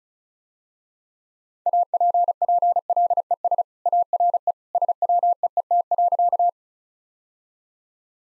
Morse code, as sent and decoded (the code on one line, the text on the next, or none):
.- .--. .--. .-.. . ... / .- .-. . / ... .-- . . - .-.-.-
APPLES ARE SWEET.